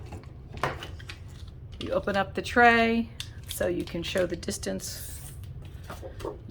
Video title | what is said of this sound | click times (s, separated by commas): Welcome Home Project Recipe using Beautiful Memories paper from Creative Memories - Scraptacular 3 | you just pop the cartridge into this holder till it clicks | 0.6 s